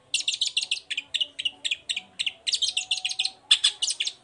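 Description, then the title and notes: Long-tailed shrike song with a steady stream of rapid, grating notes in short groups, almost continuous throughout. Bird singing in the morning with varied 'toet toet' notes, used as a lure to provoke other long-tailed shrikes into answering and singing along. "Langsung NYAUTTTTT ! Cendet Gacor Dor Di Kala Pagi Toet Toet Variasi Suara. Pancingan Emosi Cendet Gacor Full Variasi Toet Toet Bikin Nyaut Cendet Lain Langsung Ikutan Bunyi. Burung cendet"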